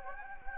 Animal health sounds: mosquito wingbeat signal from an infrared sensor; Anopheles gambiae

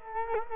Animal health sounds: mosquito wingbeat signal from an infrared sensor; Culex quinquefasciatus

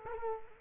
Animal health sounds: mosquito wingbeat signal from an infrared sensor; Culex quinquefasciatus

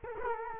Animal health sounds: mosquito wingbeat signal from an infrared sensor; Culex quinquefasciatus

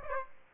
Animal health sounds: mosquito wingbeat signal from an infrared sensor; Aedes aegypti

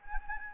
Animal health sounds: mosquito wingbeat signal from an infrared sensor; Anopheles gambiae

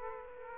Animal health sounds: mosquito wingbeat signal from an infrared sensor; Aedes aegypti

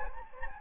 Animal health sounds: mosquito wingbeat signal from an infrared sensor; Anopheles gambiae

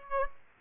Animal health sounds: mosquito wingbeat signal from an infrared sensor; Aedes aegypti

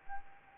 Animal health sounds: mosquito wingbeat signal from an infrared sensor; Anopheles arabiensis

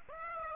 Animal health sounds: mosquito wingbeat signal from an infrared sensor; Aedes aegypti

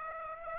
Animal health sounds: mosquito wingbeat signal from an infrared sensor; Aedes aegypti

